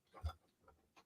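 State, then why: Not seated. A presser foot is lowered onto a serger's foot holder clamp, giving a soft low thump near 0.25 s followed by faint taps around 0.7 s and 1.0 s. The foot fails to clip onto the shank, and nothing has seated or clicked yet.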